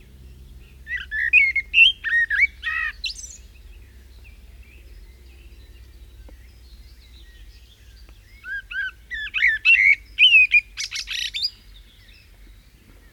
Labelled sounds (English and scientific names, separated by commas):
Common Blackbird (Turdus merula) song